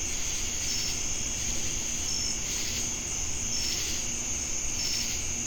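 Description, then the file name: Cricket chorus, a steady high pulsing trill with faint short high notes repeating at regular intervals over low background rumble. Recorded in Jamestown, North Carolina, on August 10, 2018. "Crickets And Sacadas Jamestown NC"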